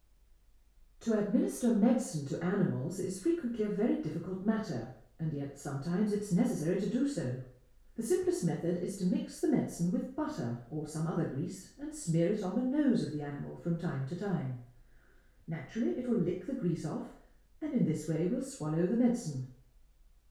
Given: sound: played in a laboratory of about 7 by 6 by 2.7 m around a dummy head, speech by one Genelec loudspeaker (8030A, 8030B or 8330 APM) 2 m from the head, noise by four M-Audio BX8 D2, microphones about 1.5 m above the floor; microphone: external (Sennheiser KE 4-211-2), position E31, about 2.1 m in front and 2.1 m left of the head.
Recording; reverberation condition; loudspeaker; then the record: female speech in English; medium; 60 degrees to the left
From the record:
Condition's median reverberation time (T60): about 510 ms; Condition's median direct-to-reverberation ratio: about -0.5 dB